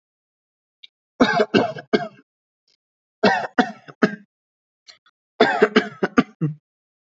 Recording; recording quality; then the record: shallow voluntary cough; excellent, no background noise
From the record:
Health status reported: exposed to COVID-19, no respiratory illness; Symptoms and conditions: none ticked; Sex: male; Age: 26 years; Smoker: yes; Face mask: not worn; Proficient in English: yes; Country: India